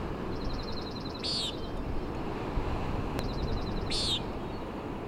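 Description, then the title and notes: Common nighthawk uttering two nasal peents under three seconds apart, interleaved with a small bird's fast trills, one sharp click, and continuous wind and surf. Peenting, 3:58am 12 June 2017, summit of Schoodic Head, Schoodic Division, Acadia National Park; gusting wind and ocean noise, high-pass filtered, leveled; Fostex FR2 with Sennheiser ME62 omni mic. "Common Nighthawk at Schoodic Head. Common Nighthawk "peenting" and "wing booms" 3:58am on top of Schoodic Head (Schoodic Div., Acadia National Park)"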